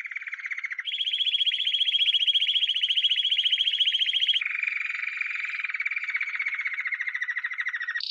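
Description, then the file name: Canary song opening with a low trill, switching to a higher rapid roll, then a lower falling roll, ending with a brief high phrase. "Canary Voice"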